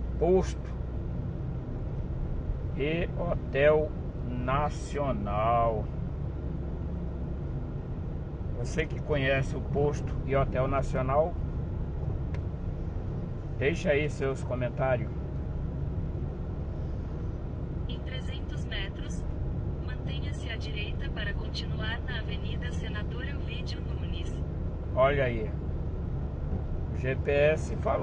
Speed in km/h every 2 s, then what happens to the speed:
39, 39, 40, 38, 42, 40, 38, 40, 39, 40, 41, 41, 41, 41.
0-28 steady at about 40.